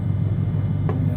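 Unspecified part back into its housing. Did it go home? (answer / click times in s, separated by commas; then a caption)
yes / 0.9 s. During a wiring job, a part is pushed back into its housing over a steady low rumble. A single sharp click sounds at 0.9 s as the part locks back in.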